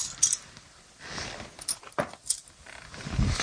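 Shed keys jingle as they're pulled from a pocket: a few light metallic clinks and rattles, scattered and irregular, with soft fabric rustling and a low thump near the end.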